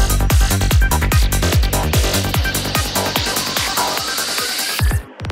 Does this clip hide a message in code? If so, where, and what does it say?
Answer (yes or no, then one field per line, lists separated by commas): no